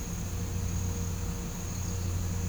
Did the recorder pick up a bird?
no